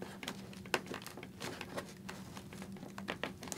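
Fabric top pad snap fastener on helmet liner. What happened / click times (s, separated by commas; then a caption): A snap fastener was pulled open / 0.7 s. A finger slips between the foam EPS liner and the back of the fabric top comfort pad on a Bell SRT helmet to pull the pad's snap fastener apart. Over a soft fabric rustle, the snap pops open with a sharp click at 0.7 s, followed by a few faint ticks near the end. The snap is released.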